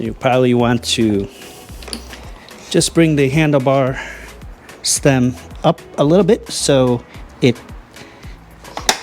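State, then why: Seated. Someone talks while folding an iSinwheel GT2 electric scooter, raising the folded handlebar stem slightly so its hook catches the rear fender latch. A sharp, loud click at 8.9 s marks the stem hook locking into the latch, seated.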